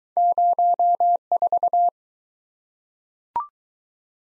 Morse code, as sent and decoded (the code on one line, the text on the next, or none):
----- ....-
04